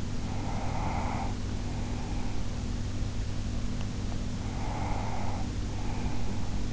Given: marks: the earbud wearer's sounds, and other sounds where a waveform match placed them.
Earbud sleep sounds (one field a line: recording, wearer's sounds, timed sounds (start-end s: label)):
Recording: sounds in sleep by an in-ear microphone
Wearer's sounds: breath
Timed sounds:
0.13-2.55 s: breath
3.91-6.72 s: breath